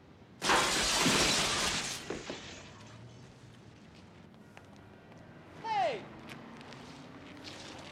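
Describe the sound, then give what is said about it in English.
A person is thrown through window glass with a loud, roaring shatter lasting over a second, then scattered tinkling fragments settle, followed by a short, sliding vocal cry. “You guys are arresting me for getting thrown out of a fucking window?”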